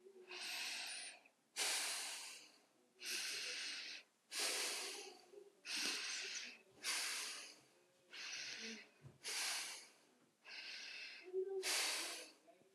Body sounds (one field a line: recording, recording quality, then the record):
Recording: deep breathing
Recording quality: excellent, no background noise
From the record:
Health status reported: healthy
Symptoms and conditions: none ticked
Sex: female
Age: 36 years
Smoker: not ticked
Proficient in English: yes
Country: United States